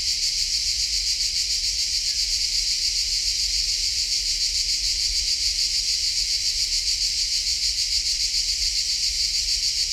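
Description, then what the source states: Cricket song, a dense, buzzy, high-pitched trill pulsing steadily without a break. Collserola natural park during a heat wave; recordist walking toward a pine wood, passing different cricket types singing differently; recorder with hypercardioid microphone.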